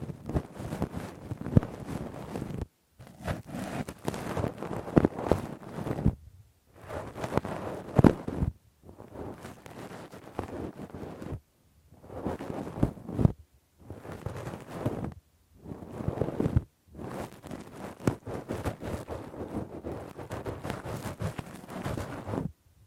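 Deep, rough ear cleaning with a Q-tip and ear pick: dense scratching and rubbing with a low, muffled rumble underneath. The scraping comes in bursts of two to three seconds, split by short silent gaps, with occasional sharp clicks mixed into the texture.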